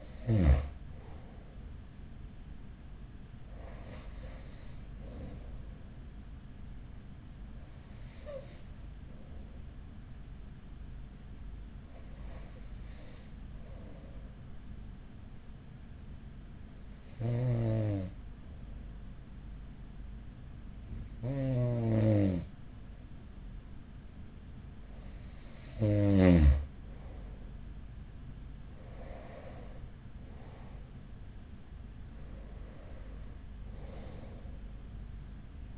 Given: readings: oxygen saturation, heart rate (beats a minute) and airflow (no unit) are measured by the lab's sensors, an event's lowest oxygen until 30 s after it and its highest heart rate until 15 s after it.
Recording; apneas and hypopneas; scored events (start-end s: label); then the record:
breathing in sleep by a smartphone at the bedside; none
17.00-35.78 s: new sleep stage, N2 (light sleep)
From the record:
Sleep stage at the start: N1 (lightest sleep); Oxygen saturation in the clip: 93 to 94%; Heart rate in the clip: 40 to 51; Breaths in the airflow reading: 9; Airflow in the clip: -6.1 to 5.7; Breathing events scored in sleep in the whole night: 207 in 7.6 hours asleep